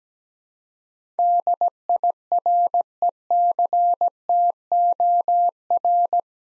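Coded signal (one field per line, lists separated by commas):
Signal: Morse code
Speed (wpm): 17 wpm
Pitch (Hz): 700 Hz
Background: none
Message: DIRECTOR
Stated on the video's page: Morse practice drill of 8-letter words at 17 wpm for head-copy training, each word sent twice.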